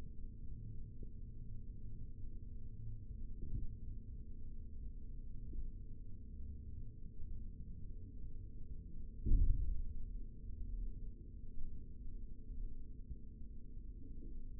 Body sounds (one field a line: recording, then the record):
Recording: forearm muscle sounds (acoustic myography)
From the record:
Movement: rest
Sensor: system 3, bracelet of six PUI Audio POM-2738L microphones around the upper forearm, with dedicated amplification and filtering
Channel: 3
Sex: male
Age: 23 years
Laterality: right